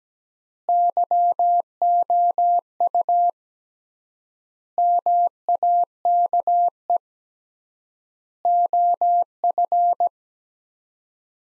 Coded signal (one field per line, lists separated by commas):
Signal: Morse code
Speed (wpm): 17 wpm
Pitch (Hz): 700 Hz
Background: none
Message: YOU MAKE OF